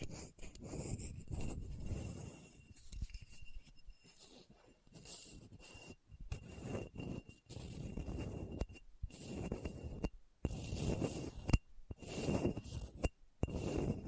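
Rough scratching and scraping across a hard, bumpy surface, coming in uneven bursts with brief silent gaps around 4, 6, 10 and 13 seconds. The strokes are gritty and low-heavy with bright edges, and a faint steady high tone runs underneath throughout.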